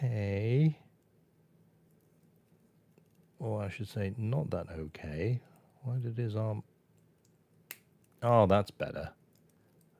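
Someone talks while re-seating the plastic arm of a 1/144 Build Strike Exceed Galaxy model kit into its shoulder joint, after it had come out too easily. A single sharp click at 7.7 s marks the arm seating back in more firmly, and more talk follows.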